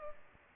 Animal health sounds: mosquito wingbeat signal from an infrared sensor; Culex pipiens

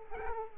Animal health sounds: mosquito wingbeat signal from an infrared sensor; Culex quinquefasciatus

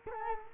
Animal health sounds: mosquito wingbeat signal from an infrared sensor; Culex quinquefasciatus

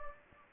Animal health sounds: mosquito wingbeat signal from an infrared sensor; Anopheles gambiae

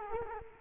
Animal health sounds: mosquito wingbeat signal from an infrared sensor; Culex quinquefasciatus

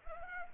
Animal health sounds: mosquito wingbeat signal from an infrared sensor; Anopheles arabiensis

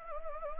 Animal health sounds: mosquito wingbeat signal from an infrared sensor; Anopheles arabiensis

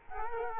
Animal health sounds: mosquito wingbeat signal from an infrared sensor; Culex quinquefasciatus

